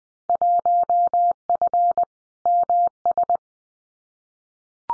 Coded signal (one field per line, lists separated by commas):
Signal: Morse code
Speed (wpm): 20 wpm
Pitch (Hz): 700 Hz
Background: none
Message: 1F MS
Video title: Field Day Exchange Encore 20wpm